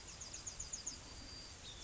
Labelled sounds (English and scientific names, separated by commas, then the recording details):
Yellowhammer (Emberiza citrinella) song
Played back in grassland
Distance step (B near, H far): F
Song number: 119